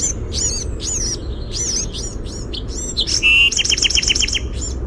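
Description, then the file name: Bewick's wren song: a string of slurred, twisting high notes, then a fast, even trill of clipped notes near the end, over a faint low rumble. "BEWR song"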